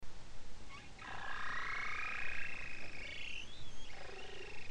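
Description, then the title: Bowhead whale song: a buzzy, harmonic-rich tone sliding upward, then a falling sweep, over steady hiss. Bowhead whale song recorded off Spitsbergen, from a study of the extreme diversity of this population's songs. "Grønlandshvalens sang 1. Lyd: Stafford, Lydersen, Wiig, Kovacs"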